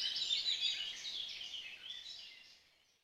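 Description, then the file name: Birds twittering in a high chorus that gradually fades out toward silence by the end. Relaxation recording of bird sounds. "relaksacja odglosy ptakow"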